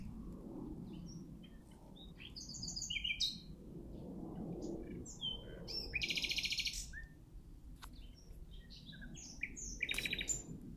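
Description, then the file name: Nightingale delivering quick, varied song phrases, buzzy trills, sharp chips and short whistles, against a steady low rumbling background. "Luscinia megarhynchos"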